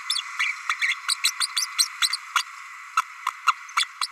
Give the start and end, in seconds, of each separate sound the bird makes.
0.09-0.21, 0.39-0.52, 0.69-0.75, 0.81-0.95, 1.08-1.15, 1.23-1.32, 1.40-1.47, 1.56-1.66, 1.78-1.88, 2.02-2.09, 2.35-2.43, 2.97-3.02, 3.46-3.53, 3.76-3.85, 4.01-4.07